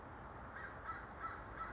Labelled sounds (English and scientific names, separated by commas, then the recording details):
American Crow (Corvus brachyrhynchos)
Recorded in Sonoma County, California